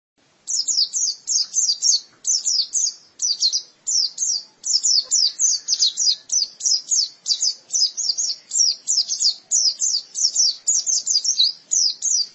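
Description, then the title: White-eye song begins after a half-second of silence, then a steady stream of rapid, high twittering bursts repeated to the end. "Kicauan Burung Pleci"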